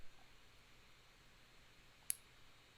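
After cleaning, the spring latch lever on a vintage metal sewing machine bobbin case is worked and snaps shut with a single sharp click at 2.1 s. The rest of the clip is near-silent, and the latch snaps back and seats properly.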